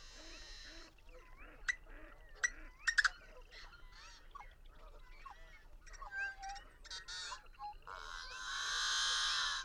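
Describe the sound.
Birds chattering with low honks, sharp clicks and whistled slides, ending in a long loud grating screech.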